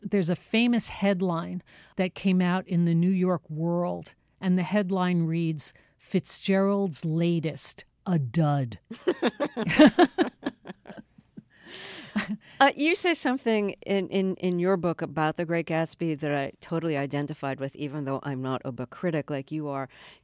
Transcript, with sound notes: There's a famous headline that came out in The New York World, and the headline reads, Fitzgerald's latest - a dud.
(LAUGHTER)
You say something in your book about "The Great Gatsby" that I totally identified with, even though I'm not a book critic like you are.